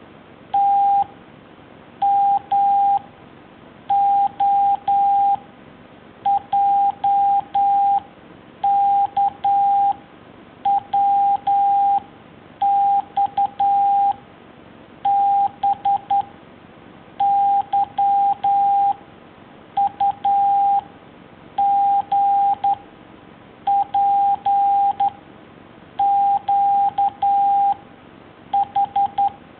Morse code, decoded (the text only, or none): TMOJKWXBYUGPQH